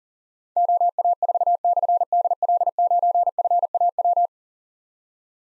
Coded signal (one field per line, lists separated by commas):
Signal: Morse code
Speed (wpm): 42 wpm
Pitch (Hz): 700 Hz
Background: none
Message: OA4/DL9FAW